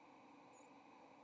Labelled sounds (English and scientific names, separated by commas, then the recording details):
White-throated Sparrow (Zonotrichia albicollis) flight call
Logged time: 07:59 on 30 October 2014